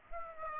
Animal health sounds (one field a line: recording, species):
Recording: mosquito wingbeat signal from an infrared sensor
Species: Aedes aegypti